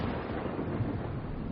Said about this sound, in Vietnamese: Đùng đùng, những tia sét giáng xuống chớp sáng ngay mắt của Đồ Lễ khiến cho ông giật